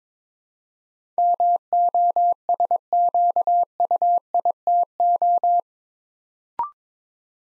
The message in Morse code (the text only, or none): MOSQUITO